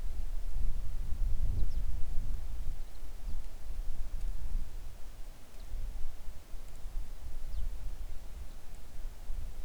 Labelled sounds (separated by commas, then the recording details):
songbird, wind
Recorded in the Arctic National Wildlife Refuge, Alaska, on 3 August 2019 at 10:31
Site 41